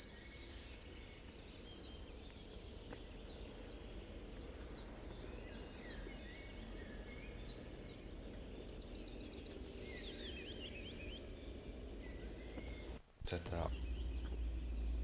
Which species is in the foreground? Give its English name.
Yellowhammer